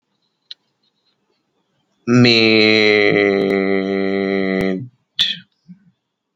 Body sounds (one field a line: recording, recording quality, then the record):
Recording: sustained vowel as in made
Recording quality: excellent, no background noise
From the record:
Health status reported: healthy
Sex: male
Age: 33 years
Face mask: not worn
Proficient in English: yes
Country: India